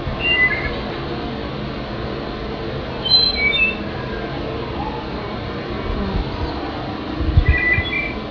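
Ruddy-capped nightingale-thrush giving short, high, warbled phrases three times, near the start, middle and end, over steady background noise and a low rumble.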